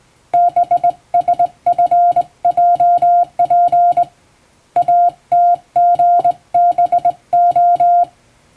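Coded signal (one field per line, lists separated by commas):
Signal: Morse code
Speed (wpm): 21 wpm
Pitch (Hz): 700 Hz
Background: music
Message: BSFJP ATGBO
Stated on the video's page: Morse code practice for Japanese radio operator exam.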